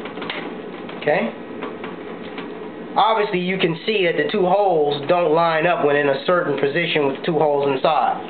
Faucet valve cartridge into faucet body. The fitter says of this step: went towards the top snaps right in place